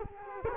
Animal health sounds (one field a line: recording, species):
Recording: mosquito wingbeat signal from an infrared sensor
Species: Culex quinquefasciatus